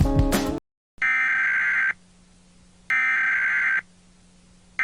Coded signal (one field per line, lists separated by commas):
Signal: Emergency Alert System (SAME) tones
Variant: header bursts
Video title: 2011 National EAS Test during Radiohead's Scotch Mist (RARE)